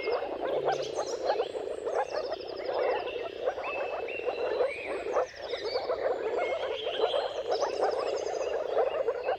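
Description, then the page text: Many moor frogs calling together in a soft, low, gurgling chorus, with clear whistled bird songs and trills on top. Mating calls of a moor frog chorus at sunrise, at the turn of March and April, depending on the weather. "Jakub-Orzecki moor frogs. Dawn’s Chorus: Mating Calls of Marsh Frogs at Sunrise. Depending on the weather at the turn of March and April, you can witness an amazing spectacle of moor frogs"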